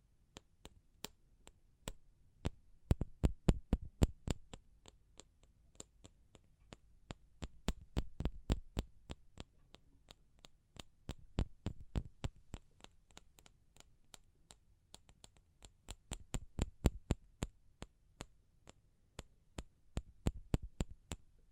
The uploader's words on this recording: ASMR Pure Tapping Fast and Slow (No Talking).